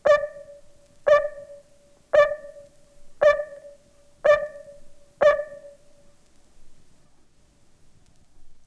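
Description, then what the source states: Barking tree frog call, six hollow, resonant barks repeated about once a second, then silence. Hyla gratiosa; its call is described as very distinctive.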